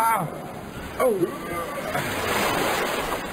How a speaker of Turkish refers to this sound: Deniz giderek sertleşiyor.